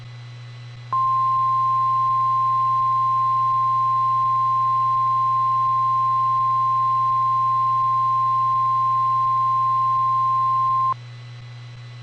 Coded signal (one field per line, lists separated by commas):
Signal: Emergency Alert System (SAME) tones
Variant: 1050 Hz attention tone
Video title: Severe Thunderstorm Warning for Litchfield County CT 2020-5-15 - EAS #1